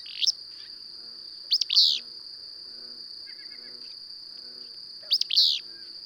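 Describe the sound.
Bird chirps: three bursts of sharp, high chirps, over a steady high-pitched whine that runs throughout.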